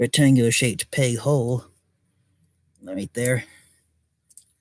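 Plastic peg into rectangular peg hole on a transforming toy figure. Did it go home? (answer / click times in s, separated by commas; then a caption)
yes / 4.3 s, 4.4 s. Someone talks while a small plastic peg on a transforming toy figure is pushed by the pelvis into a rectangular plastic peg hole during the change to jet mode. After a pause, a short double click sounds at 4.3 and 4.4 seconds as the peg seats.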